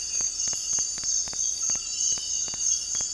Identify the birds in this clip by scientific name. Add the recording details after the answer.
none. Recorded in dense forest near Puerto Asís, Putumayo, Colombia, on 18 February 2024 at 05:30. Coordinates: 0.484, -76.317. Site G6464